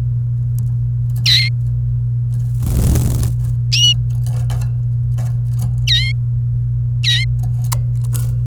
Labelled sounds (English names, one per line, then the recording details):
Domestic Canary song
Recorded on 28 April 2018 at 10:26
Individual llb3